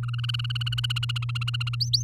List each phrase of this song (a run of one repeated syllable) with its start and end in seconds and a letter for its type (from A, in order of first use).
0.03-1.75 A, 1.80-2.03 B